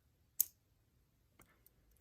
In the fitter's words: just snaps right in and then